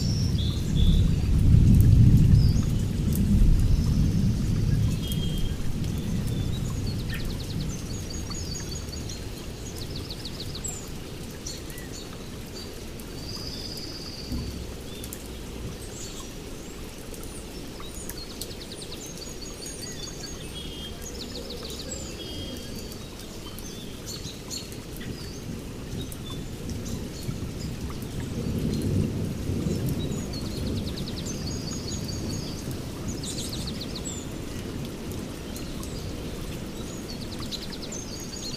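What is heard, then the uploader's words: Steady rain hisses through a forest, with low rolling rumbles of thunder swelling at the start and again near 28 seconds. High, chirping bird calls repeat in short bursts throughout, sitting above the constant wash of rainfall. Stormy Forest. Forest sounds, soft forest noise, peaceful forest ambience, soothing rain white noise.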